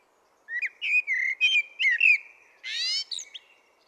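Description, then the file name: Common blackbird song: a string of rich, fluty whistled notes running into a harsh, squeaky twittering ending. "Turdus merula"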